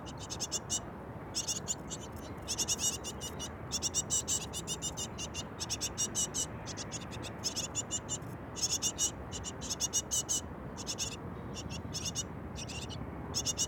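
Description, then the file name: Small birds calling: rapid high chirps in dense repeated bursts with short gaps, over a constant low background hum. Small birds in a nest. "freesound small birds in nest"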